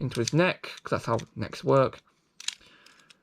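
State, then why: Seated. Someone talks, then the head piece of a metal and plastic Bakugan Evolutions True Metal Neo Trox toy figure is pushed into its neck socket until it snaps in. A sharp click sounds at 2.5 s, followed by faint handling ticks, and the head is seated.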